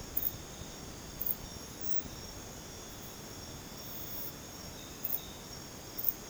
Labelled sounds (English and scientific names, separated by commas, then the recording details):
none
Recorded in dense forest near Puerto Asís, Putumayo, Colombia, on 13 March 2025 at 01:30
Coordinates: 0.486, -76.317
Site G053